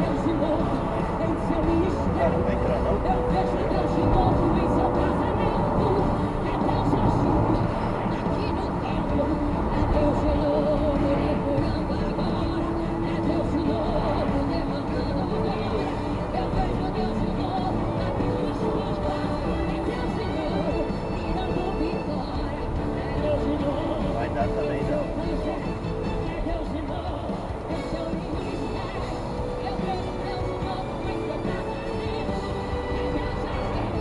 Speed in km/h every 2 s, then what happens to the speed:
112, 107, 103, 98, 93, 88, 85, 80, 75, 72, 72, 71, 68, 70, 71, 73, 74.
0-18 slows to 72. 18-25 steady at about 71. 25-34 speeds up to 74.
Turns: none.